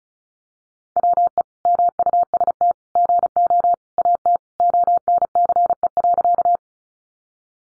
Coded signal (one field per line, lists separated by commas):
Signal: Morse code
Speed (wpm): 34 wpm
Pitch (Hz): 700 Hz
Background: none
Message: WE MUST GO AT ONCE.